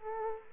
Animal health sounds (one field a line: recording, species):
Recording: mosquito wingbeat signal from an infrared sensor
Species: Culex quinquefasciatus